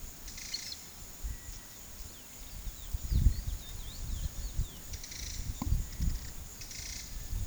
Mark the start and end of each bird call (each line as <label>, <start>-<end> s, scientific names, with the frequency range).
Sporophila angolensis (2.3-5.8 kHz), 2.03-4.79 s